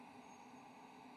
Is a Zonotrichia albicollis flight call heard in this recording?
no